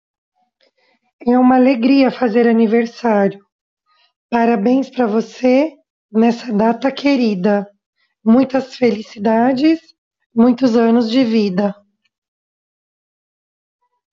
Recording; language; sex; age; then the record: short text; Brazilian Portuguese; female; 40 to 49 years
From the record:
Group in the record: control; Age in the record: 42 years